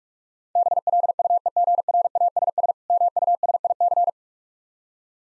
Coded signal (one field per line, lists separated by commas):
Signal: Morse code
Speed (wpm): 46 wpm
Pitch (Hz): 700 Hz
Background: none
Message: BLUEGRASS MUSIC